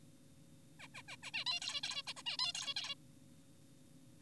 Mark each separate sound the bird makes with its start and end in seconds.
0.80-0.88, 0.94-1.02, 1.08-1.16, 1.23-1.31, 1.34-1.44, 1.46-1.60, 1.62-1.81, 1.84-2.02, 2.07-2.14, 2.17-2.23, 2.26-2.37, 2.39-2.53, 2.55-2.74, 2.76-2.95